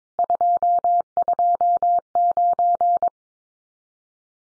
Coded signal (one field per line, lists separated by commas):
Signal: Morse code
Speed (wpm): 22 wpm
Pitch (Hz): 700 Hz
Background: none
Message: 229